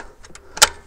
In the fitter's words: c'est verrouillé et